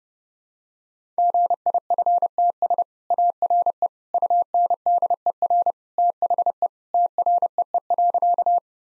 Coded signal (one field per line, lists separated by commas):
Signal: Morse code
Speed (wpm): 32 wpm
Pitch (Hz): 700 Hz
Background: none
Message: GIFTS ARE UNDER THE TREE.